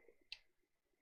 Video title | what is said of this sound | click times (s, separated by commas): Zeta Toys: ZA-02 Armageddon - Whirlblade (Vortex) | that in you can hear a little click it's | 0.3 s